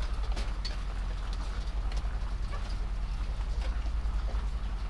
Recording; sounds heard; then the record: poultry house recording; sick chickens (respiratory disease)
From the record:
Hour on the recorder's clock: 23